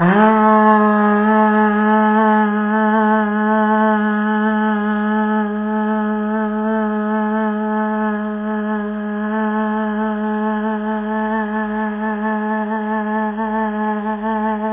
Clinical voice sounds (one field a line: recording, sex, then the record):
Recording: sustained vowel /a/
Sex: female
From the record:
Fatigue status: fatigue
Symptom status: symptomatic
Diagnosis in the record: COVID-19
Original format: 3gp